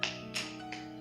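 Because the soft canvas Louis Vuitton messenger bag has been emptied, its metal turn-lock clasp won't catch, so the bag is squeezed flat with one hand and the flap clasp is pushed home into its lock plate. The clasp snaps shut with a sharp metallic click at 0.0 s, followed by a softer tap at 0.7 s. Steady background music plays throughout.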